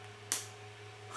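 A 3D-printed accessory part is slid into its mount on the frame of a Creality CR-10 3D printer and snaps into its holder with a single sharp knock at 0.3 s, over a steady low hum. It fits together perfectly and is seated.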